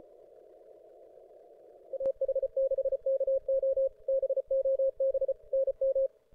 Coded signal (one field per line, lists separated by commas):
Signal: Morse code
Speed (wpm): 33 wpm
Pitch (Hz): 530 Hz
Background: radio noise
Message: AH6KO BOB NM